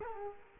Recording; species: mosquito wingbeat signal from an infrared sensor; Culex quinquefasciatus